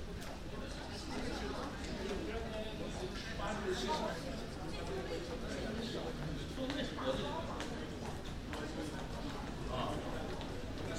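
Passengers and staff walk through an airport corridor amid a steady murmur of overlapping voices, with frequent footsteps and clicks throughout.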